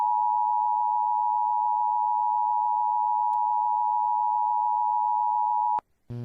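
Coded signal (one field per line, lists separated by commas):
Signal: Emergency Alert System (SAME) tones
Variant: 853 and 960 Hz attention tone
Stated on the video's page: Severe thunderstorm warning relayed by FM radio stations, first two recordings with radio interference, last clip with low audio; valid tones.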